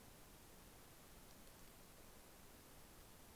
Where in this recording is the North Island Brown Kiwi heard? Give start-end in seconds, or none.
none